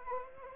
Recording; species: mosquito wingbeat signal from an infrared sensor; Anopheles arabiensis